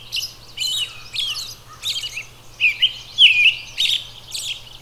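Robin delivering jumbled high twitters followed by a few clear, rising and falling whistled notes, in rapid short phrases.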